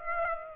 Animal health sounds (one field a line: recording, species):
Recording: mosquito wingbeat signal from an infrared sensor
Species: Aedes aegypti